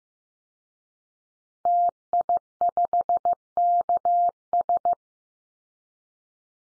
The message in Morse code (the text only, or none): TI5KS